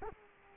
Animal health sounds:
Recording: mosquito wingbeat signal from an infrared sensor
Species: Culex quinquefasciatus

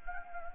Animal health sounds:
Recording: mosquito wingbeat signal from an infrared sensor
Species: Anopheles gambiae

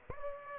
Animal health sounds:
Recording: mosquito wingbeat signal from an infrared sensor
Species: Aedes aegypti

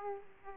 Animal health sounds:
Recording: mosquito wingbeat signal from an infrared sensor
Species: Aedes aegypti

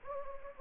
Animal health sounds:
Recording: mosquito wingbeat signal from an infrared sensor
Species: Anopheles gambiae

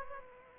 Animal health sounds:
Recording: mosquito wingbeat signal from an infrared sensor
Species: Aedes aegypti

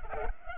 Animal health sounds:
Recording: mosquito wingbeat signal from an infrared sensor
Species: Culex pipiens

